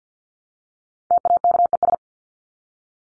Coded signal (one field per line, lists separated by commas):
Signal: Morse code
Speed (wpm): 50 wpm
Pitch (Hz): 700 Hz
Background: none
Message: TAKES